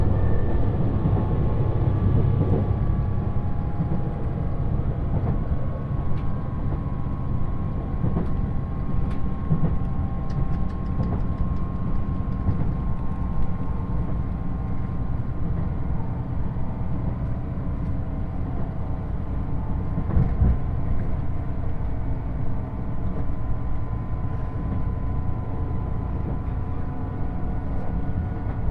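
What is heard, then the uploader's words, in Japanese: Inside the Uwakai 5 limited express on the Yosan Line, running from Iyo-Ōzu to Uwajima. A steady, heavy low rumble fills the whole ride, with faint whining tones held above it and occasional light clicks and knocks from the track. 予讃線特急宇和海5号 伊予大洲→宇和島。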